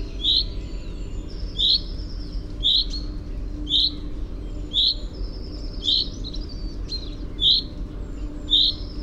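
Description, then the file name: Common chaffinch repeating a crisp, high call about once a second. "Fringilla coelebs"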